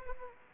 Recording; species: mosquito wingbeat signal from an infrared sensor; Anopheles gambiae